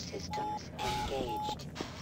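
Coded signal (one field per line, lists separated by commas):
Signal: none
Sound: game sound effect beeps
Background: speech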